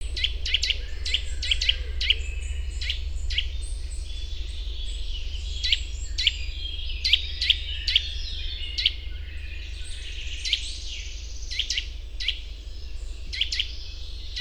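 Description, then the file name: Eurasian nuthatch calling with many crisp, clipped notes, often in quick clusters, over a constant low hum. "Sitta europaea"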